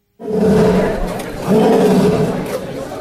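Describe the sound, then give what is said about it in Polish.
Big cats roar loudly in their new enclosure for warmth-loving cats at the Kraków Zoo, in two long, deep, rumbling bursts, the second swelling up after a brief dip, with a rough, growling low-pitched tone. “Są dusze i bardzo głośno ryczą.”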